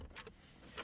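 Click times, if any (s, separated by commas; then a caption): none. An installer handles the plastic wiring-harness connector for the radio/head unit behind the dash of a 2014–2017 Mercedes S-Class (W222/C217/A217, NTG5) after lifting the wiring out of the way, pushing it back toward its socket. Quiet handling noises are broken by short sharp knocks at about 0.3 s and 0.8 s. Nothing has seated or clicked in yet.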